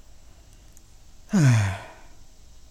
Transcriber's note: she sighs